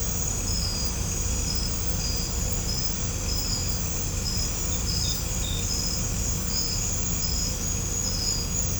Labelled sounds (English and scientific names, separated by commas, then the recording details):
none
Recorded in pastures near Puerto Asís, Putumayo, Colombia, on 16 December 2024 at 20:30
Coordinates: 0.505, -76.324
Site G063